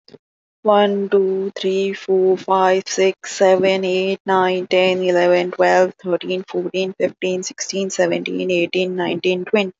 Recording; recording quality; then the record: counting at a normal pace; excellent, no background noise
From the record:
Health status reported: healthy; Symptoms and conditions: none ticked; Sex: female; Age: 31 years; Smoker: not ticked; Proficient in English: yes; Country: India